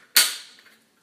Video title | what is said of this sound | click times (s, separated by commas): Oreo Vanilla Ice Cream! | and it says it's just supposed to fit right in here and you're supposed to hear it snap into place tada | 0.2 s